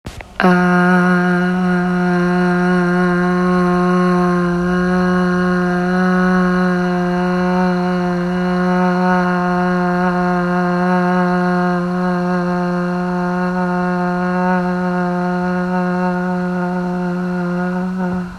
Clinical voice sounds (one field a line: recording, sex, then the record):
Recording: sustained vowel /a/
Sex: female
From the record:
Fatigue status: fatigue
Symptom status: symptomatic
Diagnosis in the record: COVID-19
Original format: m4a